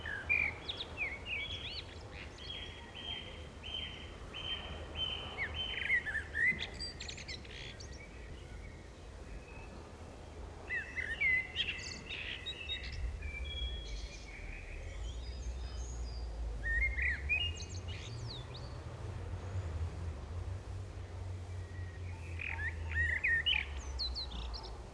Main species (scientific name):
Turdus merula